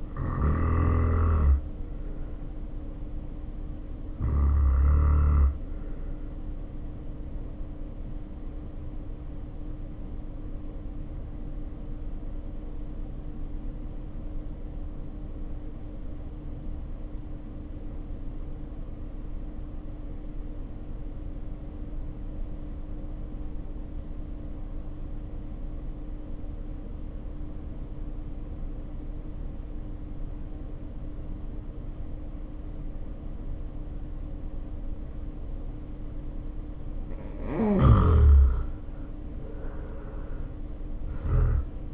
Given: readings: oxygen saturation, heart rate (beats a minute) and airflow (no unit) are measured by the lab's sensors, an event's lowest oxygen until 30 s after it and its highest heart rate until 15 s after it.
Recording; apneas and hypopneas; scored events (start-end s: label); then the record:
breathing in sleep by a smartphone at the bedside; 1
5.00-34.80 s: hypopnea (N2, oxygen 95% highest, then 75% lowest, heart rate 58 at the start, 70 highest)
6.00-41.94 s: new sleep stage, N1 (lightest sleep)
From the record:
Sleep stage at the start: N2 (light sleep); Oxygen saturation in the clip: 83 to 95%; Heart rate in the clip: 51 to 67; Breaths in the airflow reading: 9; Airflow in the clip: -1.5 to 2.4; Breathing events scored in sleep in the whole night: 520 in 7.2 hours asleep